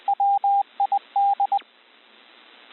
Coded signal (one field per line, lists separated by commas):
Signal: Morse code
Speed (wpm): 20 wpm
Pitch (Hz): 800 Hz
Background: radio noise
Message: WID